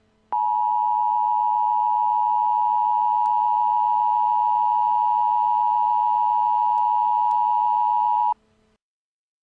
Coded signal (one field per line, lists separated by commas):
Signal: Emergency Alert System (SAME) tones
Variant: 853 and 960 Hz attention tone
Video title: EAS Scenario: The Eruption of Mount St. Helens 2018